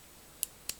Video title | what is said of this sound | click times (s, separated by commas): Victorinox SwissTool Spirit X multi tool- best thing Victorinox has ever made? | it will snap into place and be locked. | 0.4 s